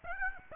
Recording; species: mosquito wingbeat signal from an infrared sensor; Aedes aegypti